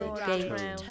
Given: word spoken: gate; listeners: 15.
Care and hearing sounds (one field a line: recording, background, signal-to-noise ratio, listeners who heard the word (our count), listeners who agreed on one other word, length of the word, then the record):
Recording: one English word in noise, from a listening test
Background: four-talker babble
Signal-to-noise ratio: 0.7 dB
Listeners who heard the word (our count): 3 of 15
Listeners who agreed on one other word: 10 of 15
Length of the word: 0.50 s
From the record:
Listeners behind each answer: 10, 3, 1, 1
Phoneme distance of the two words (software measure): 10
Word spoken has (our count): 1 syllable, 3 phonemes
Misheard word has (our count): 1 syllable, 3 phonemes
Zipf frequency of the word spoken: 4.34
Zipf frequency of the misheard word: 4.94